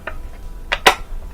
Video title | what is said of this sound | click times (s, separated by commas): ✨FRIDGIDAIRE Gallery WASHER - NO SPIN NO AGITATION - EASY MOTOR CONTROLLER-REPLACEMENT ✨ | we're going to push in on the circuit board here until it clicks | 0.7 s, 0.9 s